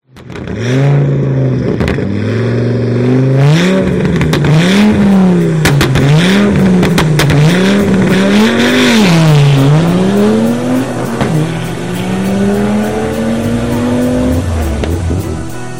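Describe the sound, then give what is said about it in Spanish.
At night, a car engine roars loudly as the car pulls away, tires screeching, the engine pitch swooping up and down through repeated revs and gear changes before settling into a steady drone. “Esta vez vamos con mi otro coche, que ya es de noche y me apetece que coja el aire.”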